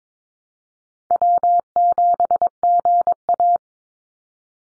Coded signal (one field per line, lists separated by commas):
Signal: Morse code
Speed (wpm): 22 wpm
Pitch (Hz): 700 Hz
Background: none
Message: W7GA